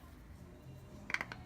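The plastic lid of a litre paint container, which was not fully closed, is pressed back down onto the container. A quick burst of sharp clicks comes at 1.1, 1.1, 1.2 and 1.3 seconds over a low background hum, and the lid snaps closed and seats.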